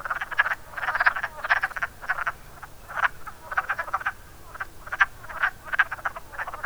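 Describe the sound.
Wood frogs give quick, rattling clucks in bunched bursts with short gaps between clusters.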